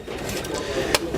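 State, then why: Seated. An engine oil dipstick on a VW California is pushed back down into its dipstick tube, with a short, sharp click at 0.9 s as it seats into place in the top. The dipstick is seated fully home.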